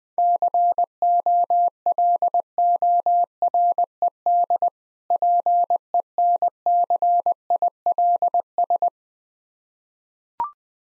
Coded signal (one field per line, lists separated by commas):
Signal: Morse code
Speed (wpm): 20 wpm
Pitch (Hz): 700 Hz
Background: none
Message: COLORED PENCILS